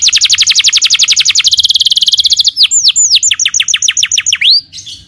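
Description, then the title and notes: Canary singing a long, rapid trill of high notes gradually lowering in pitch, then slower looping whistled notes and a final rising sweep. Young canary, long-duration song used for training other birds (masteran). "Pancingan Kenari Muda Durasi Panjang. masteran kenari"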